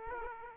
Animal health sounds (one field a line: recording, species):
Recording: mosquito wingbeat signal from an infrared sensor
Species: Aedes aegypti